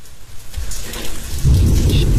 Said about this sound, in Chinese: 下雨，雨声来了， 声是我自己录的山里的雨声。 哦，是真实的环境音， 真雨啊。 哇哦， 那雷都快把我屋子劈碎了。